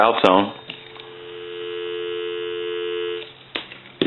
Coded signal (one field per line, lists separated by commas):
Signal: telephone call progress tone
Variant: North America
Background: speech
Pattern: dial tone